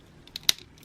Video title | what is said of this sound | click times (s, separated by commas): Figma EX-042 Deadpool DX Ver Figure Review | There we go. Supposed to hear that snap. Alright, it's there. | 0.5 s